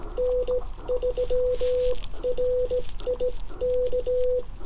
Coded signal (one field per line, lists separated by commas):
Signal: Morse code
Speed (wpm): 16 wpm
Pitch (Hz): 500 Hz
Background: radio noise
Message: N3RIK